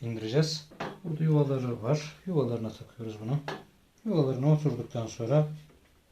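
A microwave oven's control board is hooked into its slots on the frame and guided downward while someone talks over faint handling noise. Nothing has seated or clicked yet; the clip ends just before the board goes home.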